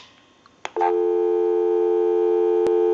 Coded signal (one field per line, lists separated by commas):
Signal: telephone call progress tone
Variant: North America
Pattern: dial tone